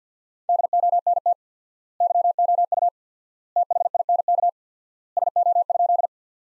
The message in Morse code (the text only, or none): DONT YOU THINK SO?